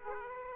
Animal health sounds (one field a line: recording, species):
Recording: mosquito wingbeat signal from an infrared sensor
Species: Aedes aegypti